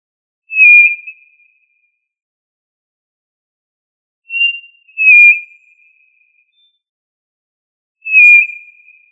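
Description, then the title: Tinamou whistles: pure, steady notes slightly falling and fading, about a second long, given four times, two of them close together and the others several seconds apart; otherwise quiet. "Familia Tinamidae - Quail - Puyuh"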